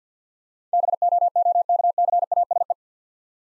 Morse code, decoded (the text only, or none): BOOKCASE